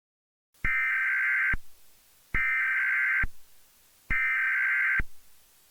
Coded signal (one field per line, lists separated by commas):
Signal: Emergency Alert System (SAME) tones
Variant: header bursts